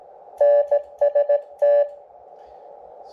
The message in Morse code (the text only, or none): NST